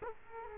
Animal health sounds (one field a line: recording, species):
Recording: mosquito wingbeat signal from an infrared sensor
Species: Culex quinquefasciatus